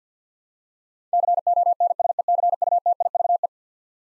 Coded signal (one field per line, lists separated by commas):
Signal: Morse code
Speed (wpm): 50 wpm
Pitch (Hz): 700 Hz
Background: none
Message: CONSECUTIVE